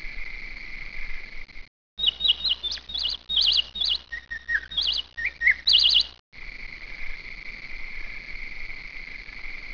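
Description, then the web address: Bird chirping: quick high chirps and short sliding notes in bursts over about four seconds. "Paris Tower. Birds"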